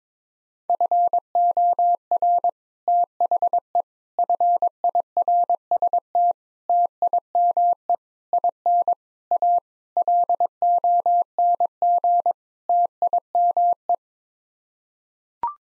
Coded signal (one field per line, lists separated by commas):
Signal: Morse code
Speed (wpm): 21 wpm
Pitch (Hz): 700 Hz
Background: none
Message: FOR THE FIRST TIME IN A LONG TIME